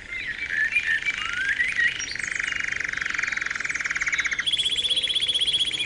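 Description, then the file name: Canary song opening with scattered sweeping chirps, moving into dense rolling trills, then a higher, sharply pulsed trill near the end. Canary song used for training or conditioning ('terapi') of cage birds. "kenari terapi omkicau"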